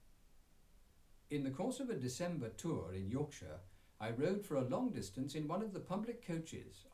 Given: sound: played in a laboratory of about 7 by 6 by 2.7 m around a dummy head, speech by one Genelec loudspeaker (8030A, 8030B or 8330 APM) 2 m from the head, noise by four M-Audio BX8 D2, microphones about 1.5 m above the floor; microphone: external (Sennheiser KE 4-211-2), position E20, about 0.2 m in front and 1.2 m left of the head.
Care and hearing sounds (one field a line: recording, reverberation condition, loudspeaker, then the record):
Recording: male speech in English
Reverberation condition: low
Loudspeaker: 30 degrees to the right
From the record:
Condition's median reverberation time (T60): about 310 ms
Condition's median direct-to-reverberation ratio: about 3.5 dB